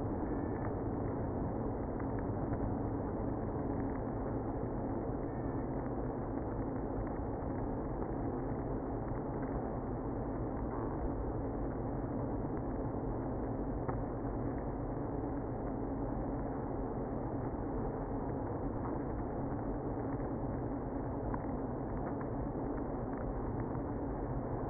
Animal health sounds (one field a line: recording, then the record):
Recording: honeybee colony, microphone inside the hive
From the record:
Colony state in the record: queenless (queen removed)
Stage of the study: after two queens were removed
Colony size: about 60,000 bees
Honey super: yes